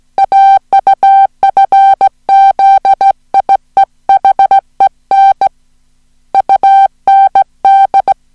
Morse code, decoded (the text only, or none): AUFZIEHEN UND